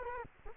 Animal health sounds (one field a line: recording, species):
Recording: mosquito wingbeat signal from an infrared sensor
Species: Culex quinquefasciatus